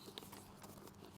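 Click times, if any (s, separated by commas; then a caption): 0.2 s. A plastic tank part of a grass-collecting robotic mower is fitted into its mount. A single short, sharp click at 0.2 s shows the part has seated in the right location, over faint rustling and low background hum.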